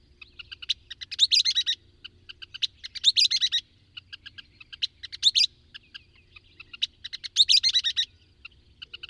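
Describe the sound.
Bird song: bursts of dense, buzzy high notes roughly every two seconds, linked by softer ticking and chirped notes in between, over a faint low hum.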